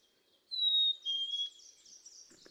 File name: Black-capped Chickadee